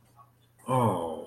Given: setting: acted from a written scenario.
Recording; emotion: vocal sound without words; awe